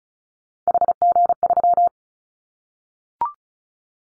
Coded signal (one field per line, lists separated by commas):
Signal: Morse code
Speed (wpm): 34 wpm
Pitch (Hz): 700 Hz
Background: none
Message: HG3